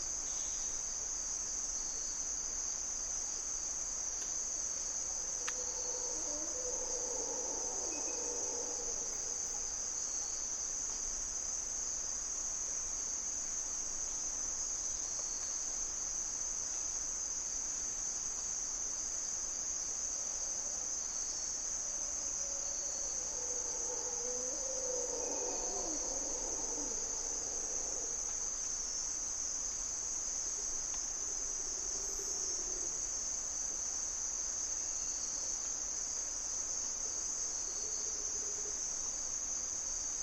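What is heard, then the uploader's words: Mantled howler monkeys call in faint, rising roars around 6, 25 and 33 seconds beneath a constant, shrill drone of crickets and insects. Mantled Howler Monkeys in Corcovado morning twilight. Monos Congos, or Mantled Howler Monkeys, waking the jungle in Costa Rica's Parque Nacional Corcovado. With their distinctive grunt and and calls, they are a defining aspect of the Osa Peninsula's Dawn and Dusk.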